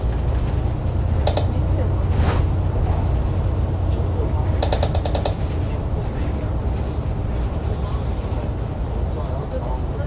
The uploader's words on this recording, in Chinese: 我在公車上。車體顛頗聲。